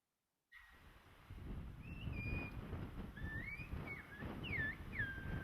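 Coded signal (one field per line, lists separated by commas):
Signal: whistled language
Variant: Silbo Gomero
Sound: loud gliding whistles rising and falling in pitch, like an exchange, over outdoor wind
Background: wind noise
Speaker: we'll just let you hear like a short exchange in sobo just to get an idea for what it actually sounds like when someone speaks a whistling language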